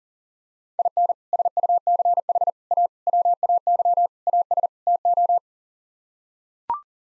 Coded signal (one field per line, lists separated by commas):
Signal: Morse code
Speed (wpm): 37 wpm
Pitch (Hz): 700 Hz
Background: none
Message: IN SUCH A WAY AS TO